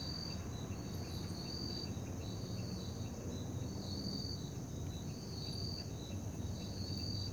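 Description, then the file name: Cricket producing steady high pulsed chirps at a regular rhythm, with low rumbling background noise throughout. Night ambience in Parque da Liberdade. "Ambiencia parque da liberdade a noite com grilos, morcegos, moto longe e sapos"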